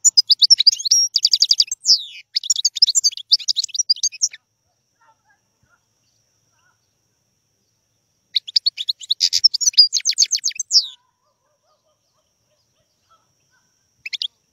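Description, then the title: European goldfinch giving two long, rapid twittering song phrases of tinkling, chattering notes separated by a few seconds of quiet, with a brief start of another. Wild bird; song. "غناءالحسون الخلويchant chardonneret sauvage"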